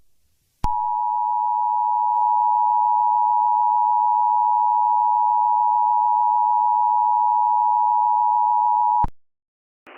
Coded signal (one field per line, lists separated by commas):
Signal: Emergency Alert System (SAME) tones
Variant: 853 and 960 Hz attention tone